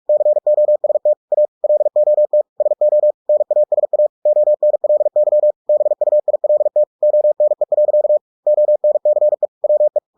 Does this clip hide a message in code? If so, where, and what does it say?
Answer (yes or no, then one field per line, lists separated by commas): yes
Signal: Morse code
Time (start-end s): 0.1-10.0 s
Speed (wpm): 46 wpm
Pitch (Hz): 600 Hz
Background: none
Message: COST A LOT SO NASA ONLY BUILT ONE. ONCE WE